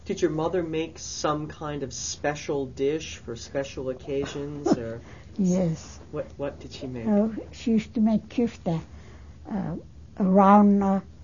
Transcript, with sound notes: Did your mother make some kind of special dish for special occasions, or...
( she laughs ) Yes.
What did she make?
She used to make kirshda, a round,